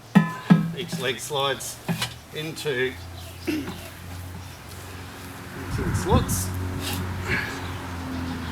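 A stabilizing leg of a mechanical bull base is handled and slid toward its slot in the base while someone talks, with two sharp knocks at about 0.2 and 0.5 s and some music in the background. The clip ends before the leg's spring stopper clicks into place, so nothing has seated yet.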